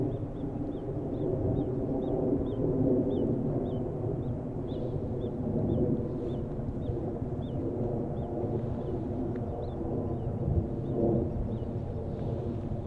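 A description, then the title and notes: A loud airplane drones overhead, a heavy, steady low roar with a humming, slightly wavering tone that fills the whole clip without fading. Above it, small high chirps repeat at a regular pace, and a faint sharp crack or two stands out near the end. A loud airplane passes overhead just after the fireworks begin. This field recording was made in a riverside park in Moriyama City, Shiga Prefecture, Japan.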